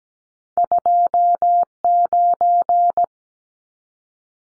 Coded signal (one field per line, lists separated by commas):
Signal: Morse code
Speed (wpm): 17 wpm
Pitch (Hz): 700 Hz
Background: none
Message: 29